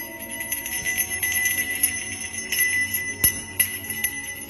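A soul-guiding bell at a market suddenly rings with a sustained, shimmering metallic tone, bright overtones lingering and swelling over several seconds, with a couple of sharper strikes near the end.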